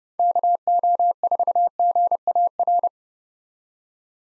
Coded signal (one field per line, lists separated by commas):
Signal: Morse code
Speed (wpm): 30 wpm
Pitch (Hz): 700 Hz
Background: none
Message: KO4GAR